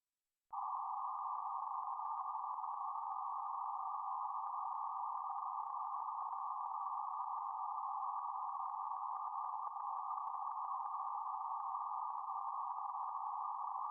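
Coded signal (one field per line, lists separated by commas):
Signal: PSK31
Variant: BPSK31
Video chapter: 0:20 KN4KQJ DE KF5NRU BPSK31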